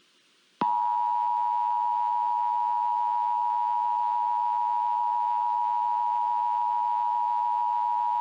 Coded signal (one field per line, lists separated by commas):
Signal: Emergency Alert System (SAME) tones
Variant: 853 and 960 Hz attention tone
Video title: EAS scenario #2: Unstoppable Tornado